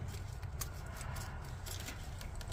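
The wiring plug is handled at the coolant temperature sensor on the thermostat housing of a 1998 Honda CR-V as it is pushed back toward its connector. Faint handling ticks and scrapes at about 0.6 s, 2.4 s and 2.5 s sit over a steady low rumble. The plug has not seated or clicked in yet.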